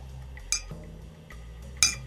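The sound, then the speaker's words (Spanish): Two bright, ringing clinks of finely carved crystal wine glasses touching in a toast with wine, about a second apart, each with a high shimmering tone that fades quickly over a low steady hum. “Así que, por favor, servime y después del chin-chin de los cristales, porque son copas de cristal hermosamente talladas, damos comienzo.”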